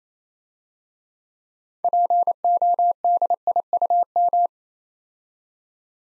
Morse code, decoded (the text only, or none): PODIUM